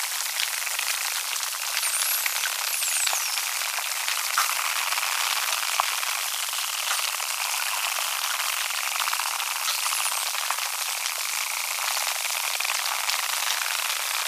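Dolphin whistles, faint and high, curving briefly near two and ten seconds, over a dense crackling background with scattered sharp clicks.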